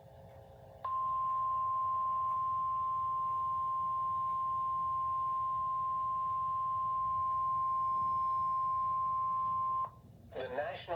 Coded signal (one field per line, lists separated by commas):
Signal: Emergency Alert System (SAME) tones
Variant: 1050 Hz attention tone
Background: speech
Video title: 7/22/26 Severe Thunderstorm Warning for Chambers, Liberty, and Harris Counties (EAS #80)